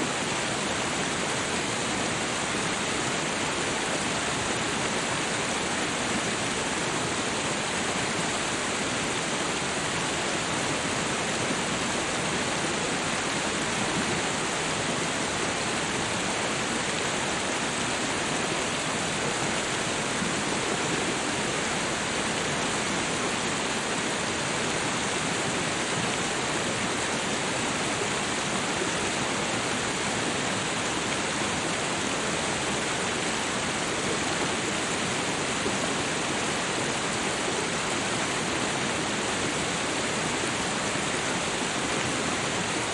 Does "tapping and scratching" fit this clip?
no